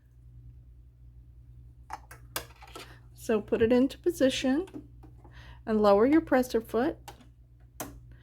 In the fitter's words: and it snaps right in.